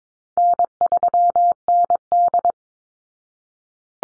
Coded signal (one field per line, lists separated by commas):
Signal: Morse code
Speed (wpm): 22 wpm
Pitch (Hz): 700 Hz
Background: none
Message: N3ND